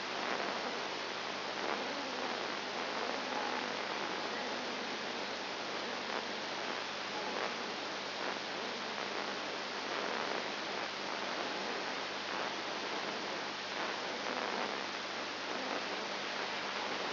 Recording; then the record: brain microelectrode recording played as sound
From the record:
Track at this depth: inside the subthalamic nucleus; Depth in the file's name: 4.701 mm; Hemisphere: left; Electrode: 2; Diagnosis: Parkinson's disease